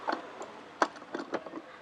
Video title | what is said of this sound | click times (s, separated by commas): किचनमध्ये या वस्तू वाचवतील तुमचा वेळ! एक मिनीटांत खिसा झटपट खोबरं! Must Have Kitchen Appliances -SA2 | असं लावलं लॉक होतं वरून हॅन्डल आहे इथून | 0.8 s